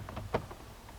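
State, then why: Not seated. A hazard light switch is handled against the plastic dash trim panel near the shifter of a Honda Element, giving a few short plastic knocks and taps around 0.1, 0.2 and 0.4 seconds. Nothing has seated or clicked yet.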